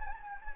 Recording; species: mosquito wingbeat signal from an infrared sensor; Anopheles gambiae